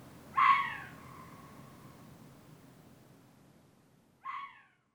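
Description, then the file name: Hokkaido red fox calling twice: a strong, falling, rasping cry, then a shorter, softer one nearly four seconds later. Muroran, 17 October 2005. "kitakitsune muroran"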